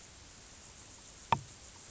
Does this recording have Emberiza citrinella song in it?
no